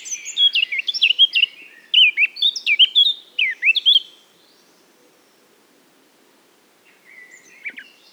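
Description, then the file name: Eurasian blackcap giving two loud phrases of clear, fluty whistles, a pause of silence, then a few faint notes at the end. "Sylvia atricapilla"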